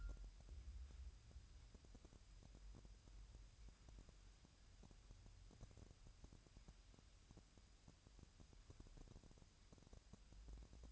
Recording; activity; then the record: daily activity, microphone in the room; wipe stove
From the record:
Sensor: 2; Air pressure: 1003.1 hPa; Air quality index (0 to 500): 200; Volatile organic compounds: 6 ppm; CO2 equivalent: 1901 ppm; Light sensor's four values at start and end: 9/20/9/9 and 9/21/9/9